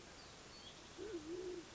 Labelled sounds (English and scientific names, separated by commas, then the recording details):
Band-tailed Pigeon (Patagioenas fasciata)
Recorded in Sonoma County, California